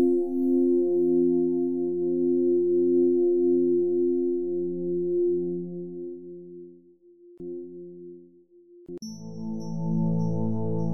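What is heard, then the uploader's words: Sustained pure tones are layered into a soft, slowly pulsing drone that wavers gently for about seven seconds, then thins to a single quiet tone and nearly fades out. Around nine seconds a fuller, brighter chord enters abruptly with a thin high tone on top and holds steady. Crown Chakra, Frequency 963 Hz 852 Hz (Solfeggio) + 432 Hz.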